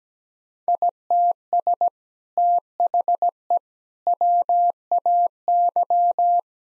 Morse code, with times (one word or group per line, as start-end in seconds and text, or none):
0.7-1.9 ITS
2.4-3.6 THE
4.1-6.4 WAY